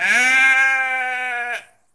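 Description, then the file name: Goat giving one long, steady bleat of about one and a half seconds, harmonic, ending with an abrupt drop in pitch. Goat recorded while dying. "goat die"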